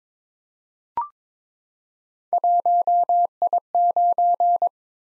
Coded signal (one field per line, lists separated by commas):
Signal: Morse code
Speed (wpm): 22 wpm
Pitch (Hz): 700 Hz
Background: none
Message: 1I9